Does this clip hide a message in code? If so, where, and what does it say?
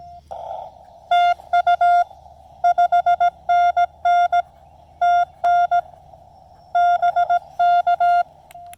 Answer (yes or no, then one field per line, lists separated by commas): yes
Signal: Morse code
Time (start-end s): 1.1-8.2 s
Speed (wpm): 18 wpm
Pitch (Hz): 700 Hz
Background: none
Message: TU 5NN TN BK